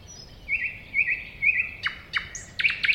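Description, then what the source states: Thrush nightingale song with rich repeated notes about every half second, then steep downward whip notes and a few sharp, clipped notes at the end. Recorded at a woodland edge next to a lake.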